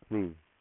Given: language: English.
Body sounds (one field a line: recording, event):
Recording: throat vibration sensor signal played as sound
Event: speech